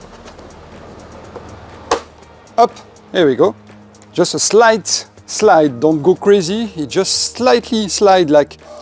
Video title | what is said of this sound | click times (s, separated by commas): Sony PlayStation 5 PS5 Official (Starlight Blue) Console Covers Panel Installation Tutorial | Slightly on the right and then the panel locked on. | 1.9 s